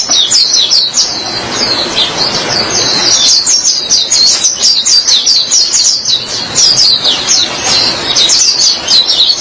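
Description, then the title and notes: White-eye song, a steady stream of high, quick chirps and twittering trills that barely pauses throughout. "Kicauan Burung Pleci Durasi Panjang. Suara kicauan burung pleci"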